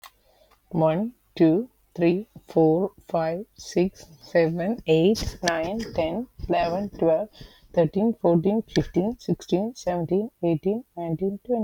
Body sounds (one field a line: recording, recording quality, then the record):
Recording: counting at a normal pace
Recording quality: excellent, no background noise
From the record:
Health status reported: healthy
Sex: female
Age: 37 years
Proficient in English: yes